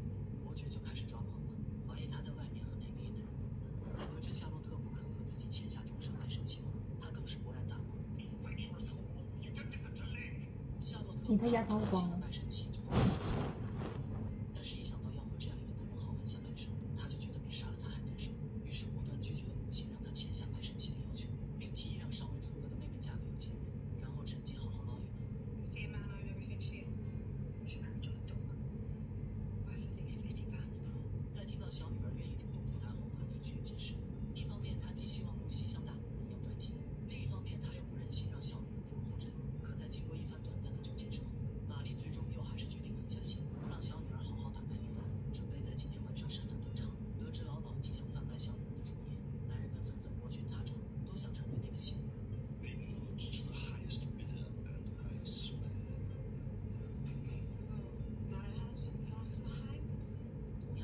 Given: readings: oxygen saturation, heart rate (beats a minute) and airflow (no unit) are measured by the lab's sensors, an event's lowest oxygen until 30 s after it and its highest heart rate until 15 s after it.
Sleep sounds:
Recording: a person awake in a sleep study, by a smartphone at the bedside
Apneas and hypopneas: none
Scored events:
0.00-60.84 s: awake
0.00-60.84 s: awake
From the record:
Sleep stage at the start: awake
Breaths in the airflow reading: 23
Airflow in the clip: -0.8 to 0.8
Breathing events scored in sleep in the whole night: 496 in 5.4 hours asleep

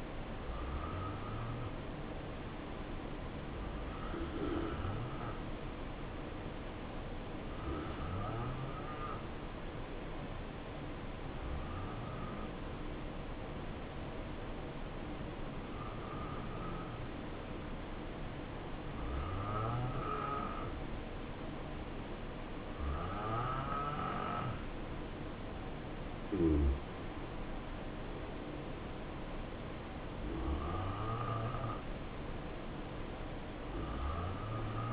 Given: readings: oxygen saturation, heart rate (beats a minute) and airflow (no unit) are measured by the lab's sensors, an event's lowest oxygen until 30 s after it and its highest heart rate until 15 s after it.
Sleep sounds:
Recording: breathing in sleep by a voice recorder at the bedside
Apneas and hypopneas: 1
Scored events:
3.00-26.20 s: hypopnea (N2, oxygen 88% highest, then 88% lowest, heart rate 67 at the start, 75 highest)
16.00-34.93 s: new sleep stage, N1 (lightest sleep)
From the record:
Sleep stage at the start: N2 (light sleep)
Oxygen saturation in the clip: 86 to 89%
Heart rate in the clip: 64 to 75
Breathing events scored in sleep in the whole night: 277 in 7.4 hours asleep

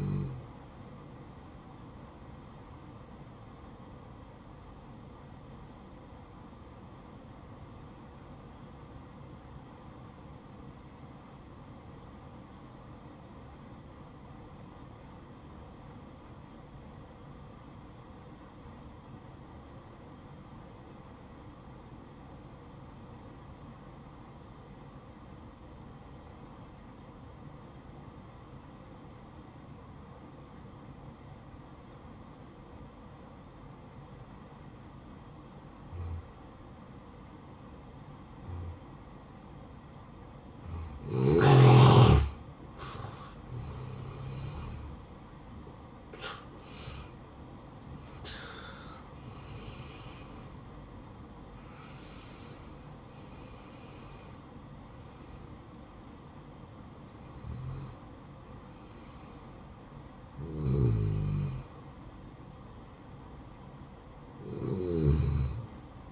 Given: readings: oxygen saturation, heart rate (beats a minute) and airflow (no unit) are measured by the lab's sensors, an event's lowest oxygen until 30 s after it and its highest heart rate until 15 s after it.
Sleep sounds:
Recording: breathing in sleep by a smartphone at the bedside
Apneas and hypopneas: 1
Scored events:
5.00-38.90 s: hypopnea (N1, oxygen 96% highest, then 86% lowest, heart rate 57 at the start, 67 highest)
27.00-57.00 s: new sleep stage, N2 (light sleep)
57.00-66.12 s: new sleep stage, N1 (lightest sleep)
From the record:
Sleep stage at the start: N1 (lightest sleep)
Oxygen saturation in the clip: 86 to 96%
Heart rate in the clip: 55 to 72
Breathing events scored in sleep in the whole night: 573 in 9.8 hours asleep

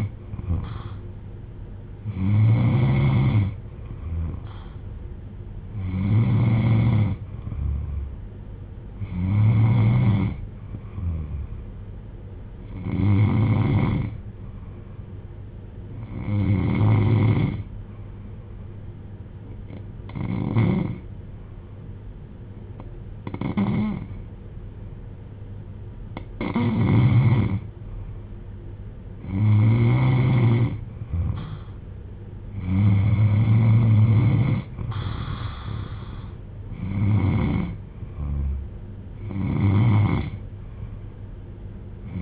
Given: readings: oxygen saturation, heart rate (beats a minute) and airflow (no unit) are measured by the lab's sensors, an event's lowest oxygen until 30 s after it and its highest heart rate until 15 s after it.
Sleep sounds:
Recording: breathing in sleep by a smartphone at the bedside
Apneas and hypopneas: 1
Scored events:
7.00-31.30 s: hypopnea (N3, oxygen 95% highest, then 92% lowest)
From the record:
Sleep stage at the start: N3 (deep sleep)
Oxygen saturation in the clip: 90 to 95%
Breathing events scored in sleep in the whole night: 310 in 8.1 hours asleep

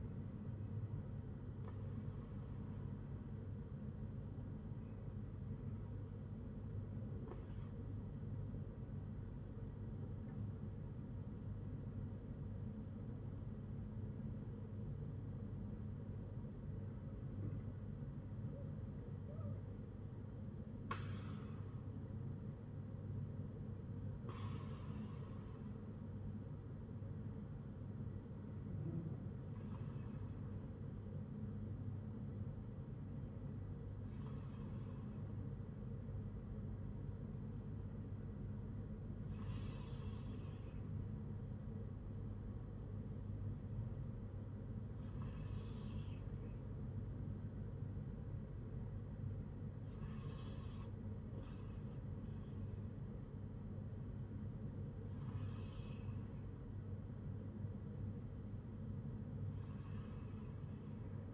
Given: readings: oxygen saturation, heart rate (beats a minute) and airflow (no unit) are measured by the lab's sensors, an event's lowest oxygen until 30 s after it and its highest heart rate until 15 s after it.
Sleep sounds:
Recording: breathing in sleep by a smartphone at the bedside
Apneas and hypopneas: none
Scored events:
14.00-61.34 s: new sleep stage, N2 (light sleep)
From the record:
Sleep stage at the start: N1 (lightest sleep)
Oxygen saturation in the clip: 92 to 94%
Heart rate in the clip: 59 to 76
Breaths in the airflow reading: 12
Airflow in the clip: -8.7 to 8.0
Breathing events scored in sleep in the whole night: 182 in 7.4 hours asleep

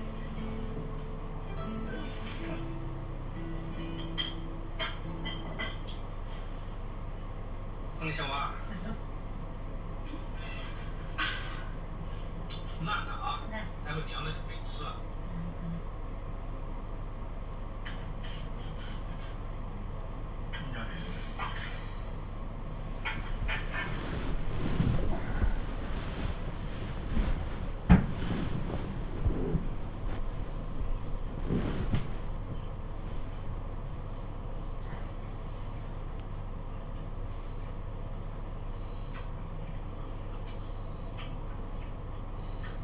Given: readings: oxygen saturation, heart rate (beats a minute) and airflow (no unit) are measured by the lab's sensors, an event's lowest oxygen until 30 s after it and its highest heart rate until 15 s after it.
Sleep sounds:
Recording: a person awake in a sleep study, by a smartphone at the bedside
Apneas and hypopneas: none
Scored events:
0.00-42.84 s: awake
From the record:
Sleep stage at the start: awake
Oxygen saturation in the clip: 93 to 95%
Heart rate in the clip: 69 to 94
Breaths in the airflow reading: 15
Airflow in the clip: -9.6 to 9.2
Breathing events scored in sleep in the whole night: 476 in 9.7 hours asleep

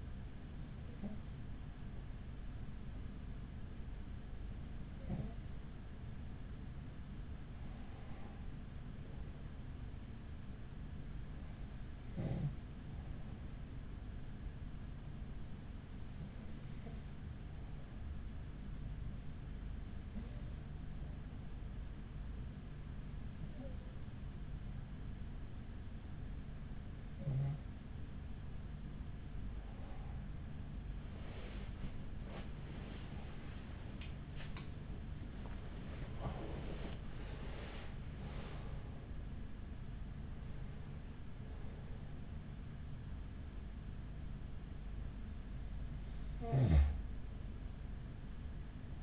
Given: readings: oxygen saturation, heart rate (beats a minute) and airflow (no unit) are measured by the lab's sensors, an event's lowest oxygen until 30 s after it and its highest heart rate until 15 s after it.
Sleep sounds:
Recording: breathing in sleep by a smartphone at the bedside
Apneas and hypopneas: 1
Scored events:
20.00-33.30 s: hypopnea (N2, oxygen 94% highest, then 93% lowest, heart rate 41 at the start, 66 highest)
42.00-49.03 s: new sleep stage, N1 (lightest sleep)
From the record:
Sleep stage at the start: N2 (light sleep)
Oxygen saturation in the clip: 93 to 94%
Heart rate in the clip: 41 to 66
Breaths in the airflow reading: 13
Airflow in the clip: -8.4 to 9.1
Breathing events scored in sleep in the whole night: 207 in 7.6 hours asleep

